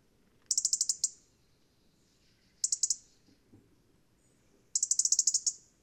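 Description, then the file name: European robin repeating rapid strings of sharp, high-pitched ticks, three bursts roughly every two seconds, over a faint low background hiss. "Erithacus rubecula"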